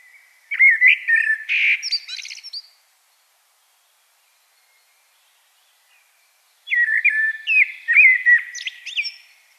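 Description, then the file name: Common blackbird singing two warbled phrases, each a string of fluty notes topped by high scratchy twitters, with silence between them. "Turdus merula"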